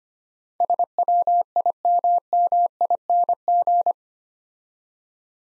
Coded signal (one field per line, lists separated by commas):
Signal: Morse code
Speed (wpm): 25 wpm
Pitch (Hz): 700 Hz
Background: none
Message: SWIMMING